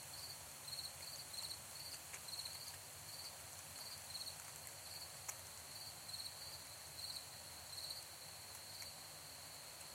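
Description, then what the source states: Crickets chirping in short, bright pulses at frequent, somewhat irregular intervals over a steady high insect hum and soft background hiss. Crickets in Ontario; the recording is reimagined (processed) as a musical piece.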